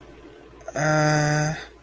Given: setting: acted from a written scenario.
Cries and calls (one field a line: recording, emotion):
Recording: vocal sound without words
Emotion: neutral